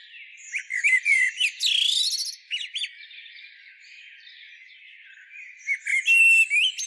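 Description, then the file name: Common blackbird singing two squeaky twittering phrases: one near the start, one after a pause of about three seconds, with short chirps and a thin whistled ending. "Turdus merula"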